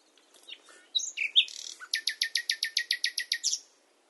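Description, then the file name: Common nightingale song: a few soft notes and some louder whistles, then a steady, loud series of many sharp, evenly spaced notes. "Luscinia megarhynchos"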